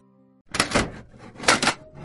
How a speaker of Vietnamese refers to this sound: Cửa lán bị vật gì đó đập vào, tiếng động đủ lớn để mọi người chúc tụng, chuyện trò trong lán tạm ngưng.